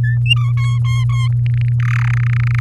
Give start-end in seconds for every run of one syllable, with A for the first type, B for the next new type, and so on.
0.04-0.16 A, 0.26-0.52 B, 0.57-1.28 C, 1.46-1.72 D, 1.80-2.11 E, 2.13-2.14 F, 2.17-2.60 G